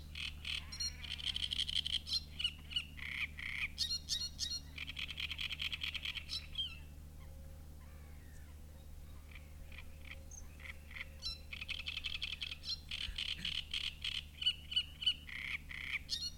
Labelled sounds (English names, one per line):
Great Reed Warbler